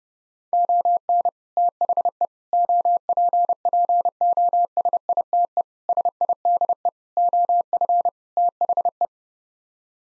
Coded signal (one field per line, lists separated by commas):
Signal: Morse code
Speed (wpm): 32 wpm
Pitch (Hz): 700 Hz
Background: none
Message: ON THE OPPOSITE SIDE OF THE